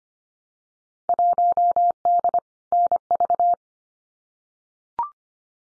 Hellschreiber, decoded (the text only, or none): none